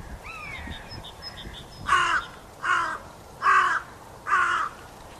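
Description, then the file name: Carrion crow uttering four harsh caws at fairly even intervals, preceded by brief, thin calls. "Corvus corone"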